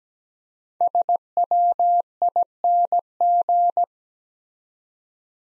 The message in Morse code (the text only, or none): SWING